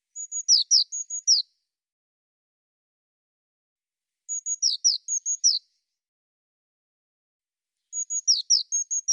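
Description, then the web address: Eurasian blue tit: three similar call phrases about four seconds apart, each a fast sequence of high, even notes and downward-slurring notes, in a clean silent background. "cianscape birddata Deverinetal 2025 File cleaned normalized Bird Cy Ca"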